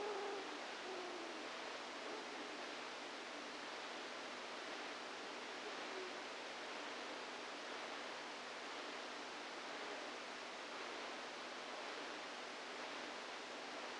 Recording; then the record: brain microelectrode recording played as sound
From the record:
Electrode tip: outside the subthalamic nucleus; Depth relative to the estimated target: 2 mm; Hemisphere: right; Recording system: NeuroSet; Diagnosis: Parkinson's disease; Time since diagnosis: 7 years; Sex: female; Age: 68 years